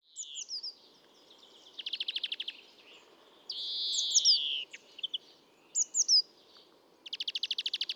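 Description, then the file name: European greenfinch calls: rapid dry trills, a long wheezy nasal note falling in pitch, and sharp high twittering notes, in alternating bursts. "Chloris chloris"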